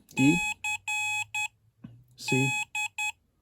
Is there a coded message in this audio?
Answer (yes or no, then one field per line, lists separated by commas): yes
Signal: Morse code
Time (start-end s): 0.2-3.1 s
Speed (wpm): 10 wpm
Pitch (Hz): 2550 Hz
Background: none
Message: C D